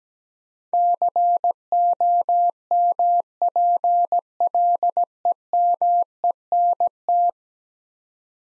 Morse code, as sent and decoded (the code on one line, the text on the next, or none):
-.-. --- -- .--. .-.. . -- . -. -
COMPLEMENT